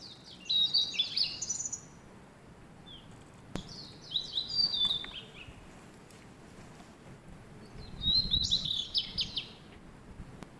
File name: オオルリ